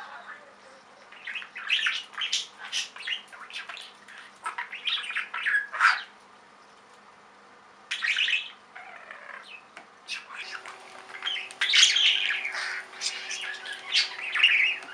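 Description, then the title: Budgerigar chatter: bursts of scratchy squawks and warbling chirps between pauses, with a steady low hum running beneath from about ten seconds. "Budgie Sounds"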